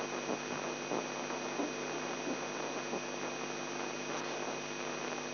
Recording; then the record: brain microelectrode recording played as sound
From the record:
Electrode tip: outside the subthalamic nucleus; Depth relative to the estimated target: 3 mm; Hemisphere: left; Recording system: AlphaMap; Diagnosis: Parkinson's disease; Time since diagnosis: 11 years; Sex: male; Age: 42 years